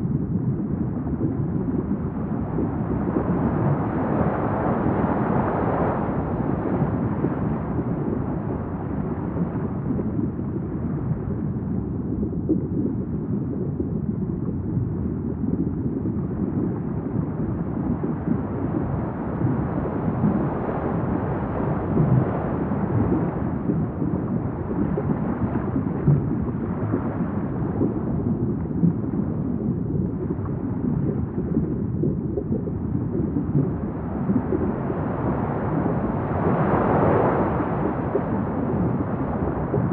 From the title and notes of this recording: Relaxing Under The Waves | ASMR.